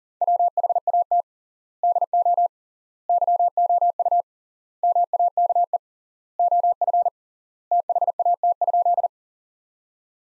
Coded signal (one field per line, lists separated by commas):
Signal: Morse code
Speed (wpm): 40 wpm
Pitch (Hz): 700 Hz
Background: none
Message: WHAT DO YOU MAKE OF THAT?